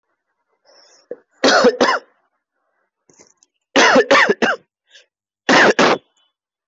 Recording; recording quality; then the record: heavy voluntary cough; excellent, no background noise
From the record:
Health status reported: COVID-19 positive, mild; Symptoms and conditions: sore throat, loss of smell and taste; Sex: male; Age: 24 years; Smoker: not ticked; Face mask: not worn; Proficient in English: yes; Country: India